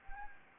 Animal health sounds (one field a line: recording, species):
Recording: mosquito wingbeat signal from an infrared sensor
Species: Anopheles gambiae